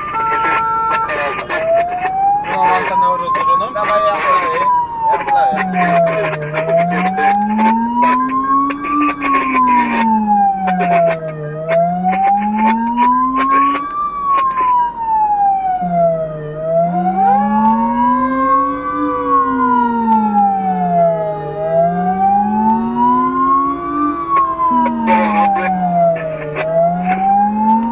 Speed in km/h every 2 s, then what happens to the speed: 72, 73, 70, 71, 60, 53, 44, 44, 45, 48, 52, 56, 56, 57.
0-6 steady at about 71. 6-12 brakes to 44. 16-22 speeds up to 56. 22-28 steady at about 56.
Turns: none.